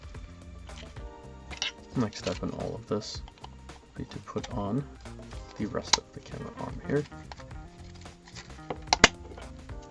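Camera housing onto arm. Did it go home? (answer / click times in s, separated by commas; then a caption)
yes / 8.9 s, 9.0 s. The rest of the camera housing is pushed onto the NC100's camera arm while someone talks over background music. Two sharp clicks at 8.9 and 9.0 seconds show the housing seating into place on the arm.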